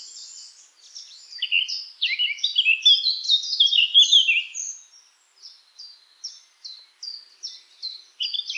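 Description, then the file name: Eurasian blackcap song: a long, fast, scratchy warble of chattering high notes that rises in loudness midway, then breaks into short separate phrases with brief gaps. "Sylvia atricapilla"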